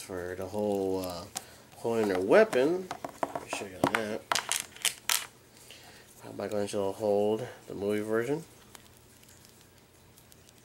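A plastic nunchuck accessory is handled next to the closed hand of a plastic movie-version Michelangelo action figure (Movie Stars 2014) while someone talks, with a cluster of sharp plastic clicks and taps between about 4.5 and 5.7 seconds and a few faint ticks near 8.8 and 9.5 seconds. The nunchuck has not yet snapped into the figure's hand, and nothing has seated or clicked home by the end of the clip.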